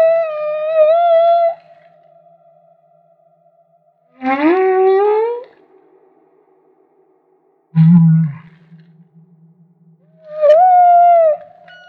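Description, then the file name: Humpback whale song: a steady tonal moan with bright harmonics, a rising whoop, a low grunt, then a wavering mid-pitched cry, with pauses between units. Maui. "Humpback Whale - Maui Whale One"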